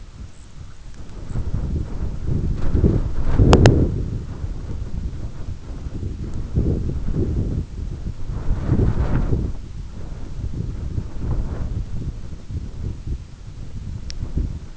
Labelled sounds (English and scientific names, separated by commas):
White-rumped Sandpiper (Calidris fuscicollis)